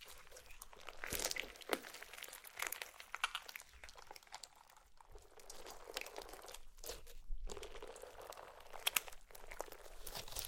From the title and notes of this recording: ASMR SLIME! 5 Satisfying Slimes.